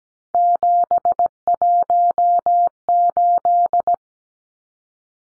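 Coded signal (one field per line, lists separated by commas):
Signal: Morse code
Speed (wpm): 17 wpm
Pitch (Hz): 700 Hz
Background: none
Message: 718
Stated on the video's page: Morse code practice of three-digit numbers at 17 wpm for head-copy.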